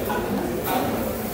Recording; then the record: background sound without coughing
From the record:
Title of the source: 40 min - Ambience sounds UNIVERSITY lunchroom chatting